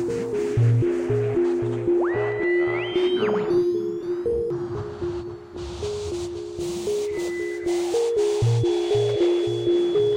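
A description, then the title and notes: A shortwave radio loop: a steady stepping pattern of buzzing tones alternates between two pitches in a fast, regular rhythm, with low thumping pulses underneath. Near two to three seconds a bright whistle sweeps upward and holds, and a hiss of static rides throughout. Shortwave radio RF loops.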